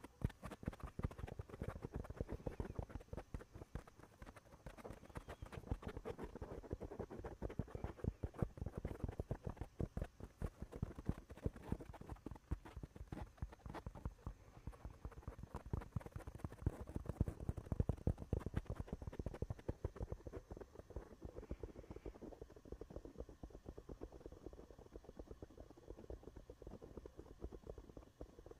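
Fingers rub and tap on a microphone, a dense stream of soft scratchy brushing and quick thumps with no pause through the whole half minute. The rustling is heavy and low, busiest around the middle, then thins and softens slightly near the end.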